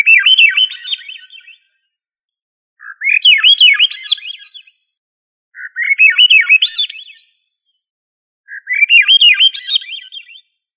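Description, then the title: Thrush song: four phrases, each opening with a low note and climbing through quick arched whistled notes to a high finish, with pauses of about a second between them. Family Turdidae; called sabiá. "Familia Turdidae - Sabia"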